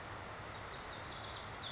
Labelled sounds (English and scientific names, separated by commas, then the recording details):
Lazuli Bunting (Passerina amoena)
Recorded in Sonoma County, California